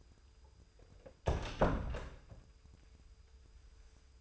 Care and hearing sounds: daily activity, microphone in the room; close door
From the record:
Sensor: 2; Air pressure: 996.0 hPa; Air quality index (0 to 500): 44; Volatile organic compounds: 1 ppm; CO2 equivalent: 815 ppm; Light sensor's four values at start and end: 12/27/11/12 and 11/27/11/12

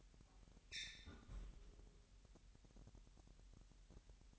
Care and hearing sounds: daily activity, microphone in the room; close fridge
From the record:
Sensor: 3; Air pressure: 1001.9 hPa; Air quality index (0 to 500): 238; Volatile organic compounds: 43 ppm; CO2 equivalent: 3201 ppm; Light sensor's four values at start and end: 12/37/16/13 and 12/37/16/13

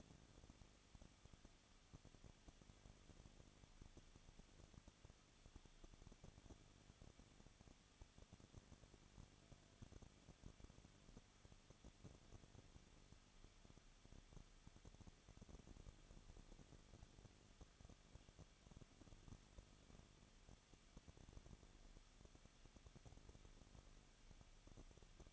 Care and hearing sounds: daily activity, microphone in the room; no activity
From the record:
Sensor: 4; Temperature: 23.0 degrees Celsius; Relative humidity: 34.5%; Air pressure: 1007.3 hPa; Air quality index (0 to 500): 215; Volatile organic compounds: 15 ppm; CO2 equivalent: 2500 ppm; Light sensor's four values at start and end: 2/3/1/1 and 2/3/1/1

